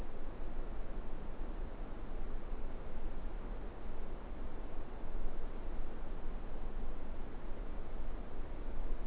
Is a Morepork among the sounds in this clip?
no